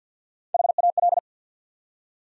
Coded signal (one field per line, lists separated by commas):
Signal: Morse code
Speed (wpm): 50 wpm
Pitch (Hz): 700 Hz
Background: none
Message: HAL